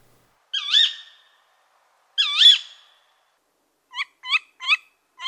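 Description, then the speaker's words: Tawny Owl calls: two sharp, high, squeaky two-part shrieks about a second and a half apart, followed by a quick run of short clipped notes. Call of the female tawny owl, played one last time. "Allez, on écoute une dernière fois le cri de la femelle et le chant du mâle chouette hulotte."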